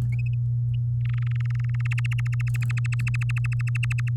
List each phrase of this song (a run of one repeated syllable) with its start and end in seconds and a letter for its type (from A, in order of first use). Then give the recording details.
1.05-1.81 A, 1.85-4.09 B. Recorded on 8 May 2018 at 06:20. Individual llb16